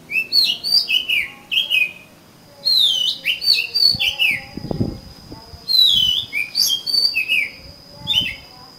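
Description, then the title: Oriental magpie-robin pouring out fluty whistled phrases in three long bursts, notes tumbling downward, with some soft low knocks. "Kacer Kacer"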